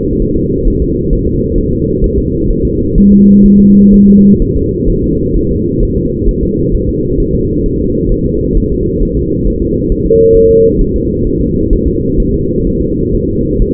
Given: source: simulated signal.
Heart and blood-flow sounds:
fetal heart sounds
0.22 s: S1
0.37 s: S2
0.68 s: S1
0.82 s: S2
1.13 s: S1
1.27 s: S2
1.58 s: S1
1.73 s: S2
2.04 s: S1
2.18 s: S2
2.50 s: S1
2.65 s: S2
2.98 s: S1
3.12 s: S2
3.46 s: S1
3.60 s: S2
3.94 s: S1
4.08 s: S2
4.42 s: S1
4.56 s: S2
4.90 s: S1
5.04 s: S2
5.37 s: S1
5.51 s: S2
5.83 s: S1
5.97 s: S2
6.29 s: S1
6.43 s: S2
6.74 s: S1
6.89 s: S2
7.20 s: S1
7.35 s: S2
7.66 s: S1
7.80 s: S2
8.12 s: S1
8.26 s: S2
8.57 s: S1
8.72 s: S2
9.03 s: S1
9.17 s: S2
9.47 s: S1
9.62 s: S2
9.92 s: S1
10.06 s: S2
10.37 s: S1
10.51 s: S2
10.81 s: S1
10.96 s: S2
11.27 s: S1
11.41 s: S2
11.73 s: S1
11.88 s: S2
12.20 s: S1
12.34 s: S2
12.67 s: S1
12.81 s: S2
13.15 s: S1
13.29 s: S2
13.62 s: S1
From the record:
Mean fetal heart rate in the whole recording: 130 bpm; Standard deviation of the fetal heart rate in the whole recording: 4 bpm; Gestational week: 38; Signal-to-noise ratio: -10.2 dB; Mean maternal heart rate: 72 bpm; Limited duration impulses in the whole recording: present

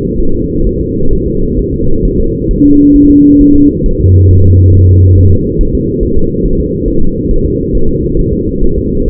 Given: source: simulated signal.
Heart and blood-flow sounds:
fetal heart sounds
0.20 s: S1
0.35 s: S2
0.67 s: S1
0.81 s: S2
1.13 s: S1
1.27 s: S2
1.59 s: S1
1.74 s: S2
2.05 s: S1
2.20 s: S2
2.51 s: S1
2.65 s: S2
2.96 s: S1
3.11 s: S2
3.41 s: S1
3.56 s: S2
3.86 s: S1
4.00 s: S2
4.31 s: S1
4.45 s: S2
4.75 s: S1
4.89 s: S2
5.18 s: S1
5.32 s: S2
5.61 s: S1
5.75 s: S2
6.03 s: S1
6.18 s: S2
6.45 s: S1
6.60 s: S2
6.88 s: S1
7.02 s: S2
7.31 s: S1
7.45 s: S2
7.75 s: S1
7.89 s: S2
8.19 s: S1
8.33 s: S2
8.63 s: S1
8.78 s: S2
9.08 s: S1
From the record:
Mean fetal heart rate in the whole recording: 135 bpm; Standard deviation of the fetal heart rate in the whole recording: 3 bpm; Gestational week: 36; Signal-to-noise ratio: -19.1 dB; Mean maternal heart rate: 72 bpm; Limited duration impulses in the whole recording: present

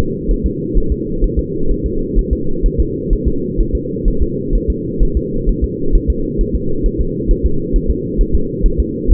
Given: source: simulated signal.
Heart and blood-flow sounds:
fetal heart sounds
0.31 s: S1
0.46 s: S2
0.77 s: S1
0.92 s: S2
1.24 s: S1
1.39 s: S2
1.71 s: S1
1.86 s: S2
2.19 s: S1
2.33 s: S2
2.66 s: S1
2.80 s: S2
3.13 s: S1
3.28 s: S2
3.60 s: S1
3.75 s: S2
4.08 s: S1
4.22 s: S2
4.55 s: S1
4.70 s: S2
5.02 s: S1
5.17 s: S2
5.49 s: S1
5.64 s: S2
5.95 s: S1
6.10 s: S2
6.41 s: S1
6.56 s: S2
6.86 s: S1
7.01 s: S2
7.31 s: S1
7.46 s: S2
7.76 s: S1
7.90 s: S2
8.21 s: S1
8.35 s: S2
8.66 s: S1
8.80 s: S2
9.11 s: S1
From the record:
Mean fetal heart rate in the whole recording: 130 bpm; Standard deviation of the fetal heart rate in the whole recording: 2 bpm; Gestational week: 38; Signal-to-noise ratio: -8.1 dB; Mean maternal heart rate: 72 bpm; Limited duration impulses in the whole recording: absent

